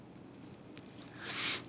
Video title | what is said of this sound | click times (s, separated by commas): TRANSFORMERS PRIME CYBERVERSE MEGATRON TOY REVIEW!!... | I mean you can hear it snap but | 0.8 s